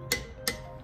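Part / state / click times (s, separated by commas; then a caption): click-type torque wrench on a wheel lug nut / torque reached / 0.1 s, 0.5 s. A click-type torque wrench tightens a lug nut on the wheel of a first-generation Nissan Titan truck and reaches its setting. Two sharp metallic clicks ring out at 0.1 and 0.5 seconds over a faint steady background, confirming the torque was reached.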